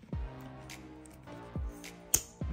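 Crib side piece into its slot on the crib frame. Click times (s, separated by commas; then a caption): 2.1 s. A second-side crib piece is slid into its plastic slot on the frame of a 2024 Chicco Next2Me Magic crib over steady background music with low, soft thumps. A sharp, bright click lands at 2.1 s as the piece latches and is seated.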